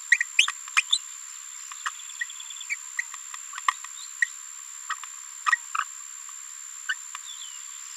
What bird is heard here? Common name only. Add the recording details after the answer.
Green-rumped Parrotlet. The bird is a female. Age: 27 days. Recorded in a nest box in Venezuela. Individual 17B73B2